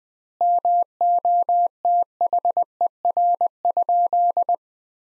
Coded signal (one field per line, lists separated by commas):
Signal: Morse code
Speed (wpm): 20 wpm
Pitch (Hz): 700 Hz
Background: none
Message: MOTHER?